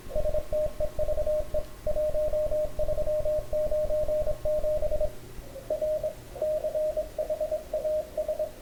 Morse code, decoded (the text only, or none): STEVE 1397 R CHAS